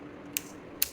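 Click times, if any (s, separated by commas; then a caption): 0.4 s, 0.8 s. A small plastic 1x1 Lego brick is pressed onto the studs of the docking bridge on a brick-built RMS Britannic ship model. Two short, sharp plastic clicks are heard at 0.4 s and 0.8 s over a faint low hum, and the brick seats firmly in place.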